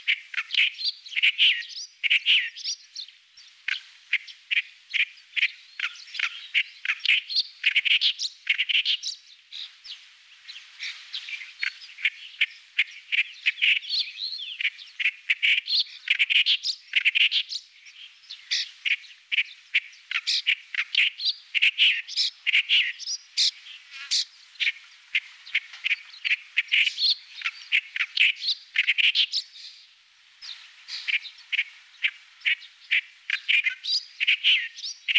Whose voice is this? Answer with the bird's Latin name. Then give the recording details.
Acrocephalus stentoreus. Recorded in the wild. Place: Kurtlisee, TM. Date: 2001-05-14. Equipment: MiniDisc Sharp MT 20 H. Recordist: Schwarz, Dieter. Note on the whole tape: Song